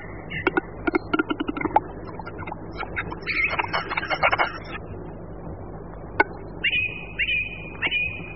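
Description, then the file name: Western capercaillie song with clicks speeding up into a short grinding burst, followed by a few separate clicks and three clear, drawn-out whistled notes. "Tetřev-hlušec"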